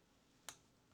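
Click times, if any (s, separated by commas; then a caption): 0.5 s. A Sigma 17-40mm zoom lens is twisted onto the mount of an FX30 mirrorless camera body until the locking pin engages. A single sharp click at 0.5 s shows the bayonet seating home, and another brief, fainter tick comes at the very end of the quiet clip.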